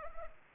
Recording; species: mosquito wingbeat signal from an infrared sensor; Culex pipiens